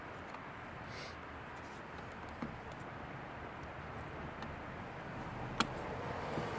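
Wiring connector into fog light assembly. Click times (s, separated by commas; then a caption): 5.6 s. A wiring connector is pushed back into the fog light assembly of a Nissan 300ZX during a bulb replacement, over a steady low background hiss. A soft knock comes at 2.4 s, then a sharp, bright click at 5.6 s as the connector seats.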